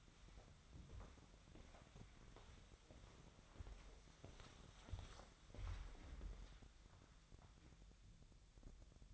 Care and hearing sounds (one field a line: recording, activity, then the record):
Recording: daily activity, microphone in the room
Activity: walk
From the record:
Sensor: 3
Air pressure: 1015.3 hPa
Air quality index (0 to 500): 128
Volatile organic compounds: 5 ppm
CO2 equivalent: 1806 ppm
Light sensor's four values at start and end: 15/40/16/17 and 15/39/15/16